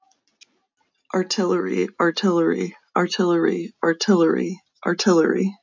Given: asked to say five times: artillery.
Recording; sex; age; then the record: repeated word; female; 30 to 39 years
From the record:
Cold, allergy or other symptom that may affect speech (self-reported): no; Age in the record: 32 years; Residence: Pennsylvania, United States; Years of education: 14